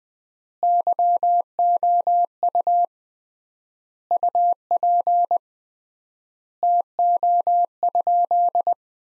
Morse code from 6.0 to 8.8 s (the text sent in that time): TO?